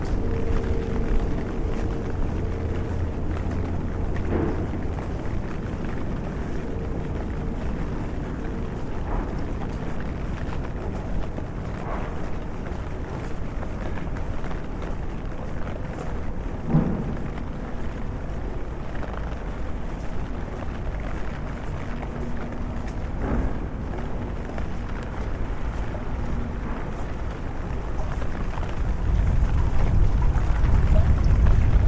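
A walk through London in the rain, with a dense, steady hiss and a constant low traffic rumble underneath. Brief taps and knocks come every few seconds, with faint engine hums drifting in and out, and the low rumble swells near the end.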